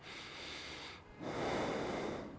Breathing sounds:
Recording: one breath in and out by a microphone near the nose and mouth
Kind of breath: normal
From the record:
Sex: male

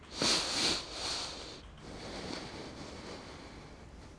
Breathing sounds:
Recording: one breath in and out by a microphone near the nose and mouth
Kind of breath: deep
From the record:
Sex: male

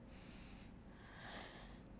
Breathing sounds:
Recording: one breath in and out by a microphone near the nose and mouth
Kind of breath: deep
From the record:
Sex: male

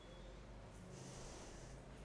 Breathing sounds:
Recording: one breath in and out by a microphone near the nose and mouth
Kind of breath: normal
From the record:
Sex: female

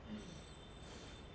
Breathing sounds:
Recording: one breath in and out by a microphone near the nose and mouth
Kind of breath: normal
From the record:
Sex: male

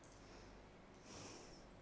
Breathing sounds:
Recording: one breath in and out by a microphone near the nose and mouth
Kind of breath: normal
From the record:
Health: marked as sick, illness not named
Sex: female

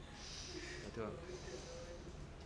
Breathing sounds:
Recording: one breath in and out by a microphone near the nose and mouth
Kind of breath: normal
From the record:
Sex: male

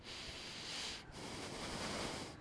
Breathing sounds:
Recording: one breath in and out by a microphone near the nose and mouth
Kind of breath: deep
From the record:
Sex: male

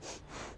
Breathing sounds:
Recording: one breath in and out by a microphone near the nose and mouth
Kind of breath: strong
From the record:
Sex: female

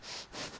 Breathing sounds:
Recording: one breath in and out by a microphone near the nose and mouth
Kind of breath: strong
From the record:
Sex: male

